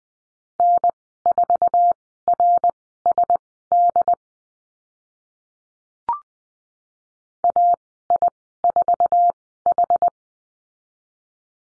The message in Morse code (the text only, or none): N4RSD AI4H